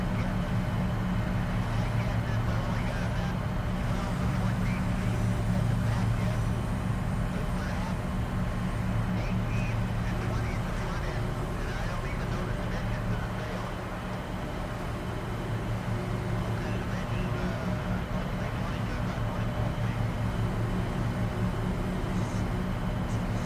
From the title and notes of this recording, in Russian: Атмосфера Кабины Шаттла. Самые спокойные и атмосферные звуки на борту космического шаттла.